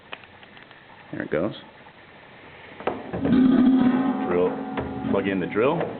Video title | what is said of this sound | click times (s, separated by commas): Drilling Dowel Holes | tighten it until you hear it click and it goes | 0.1 s